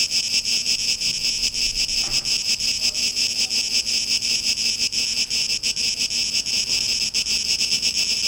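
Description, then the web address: Cicadas buzzing in a dense, steady high-pitched drone with a fast, slightly uneven pulsing throughout. Recorded 2023-08-17. "rauschpartikel 2023-08-17 Zikaden"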